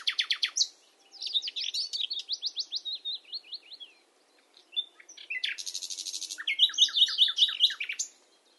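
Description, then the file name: Common nightingale song: a burst of loud notes, a long rhythmic series of sweeping warbles, a pause, then a buzzy rattle and rapid repeated double notes. "Luscinia megarhynchos"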